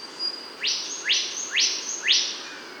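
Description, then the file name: Bornean whistler song of four sharp upward-sweeping whistles, about one every half second, over a steady high insect hiss. Kalimantan. "kancilan kalimantan"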